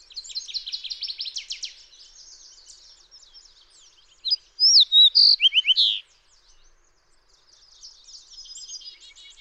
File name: Fox Sparrow